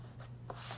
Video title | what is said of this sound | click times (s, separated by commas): Hard Drive Install - Dell Inspiron 15 - i7559 - $800 Gaming Laptop | Yep. And it's all snapped in place. | 0.5 s